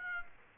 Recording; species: mosquito wingbeat signal from an infrared sensor; Aedes aegypti